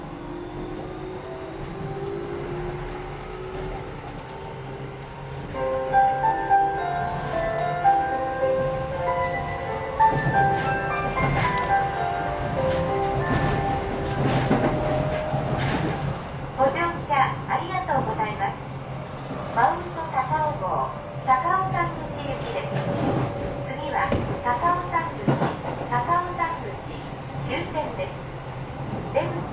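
A train running, its steady low rumble joined by a whining motor tone that climbs in pitch over the first few seconds. From about five seconds the sound grows louder, and after the midpoint quick rattling clatters and voice-like sounds come through repeatedly.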